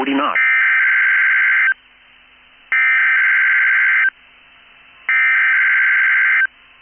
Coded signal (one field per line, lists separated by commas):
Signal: Emergency Alert System (SAME) tones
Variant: header bursts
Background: speech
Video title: 2/16/22 GUSTS UP TO 60 KNOTS!!! Required Weekly Test EAS#147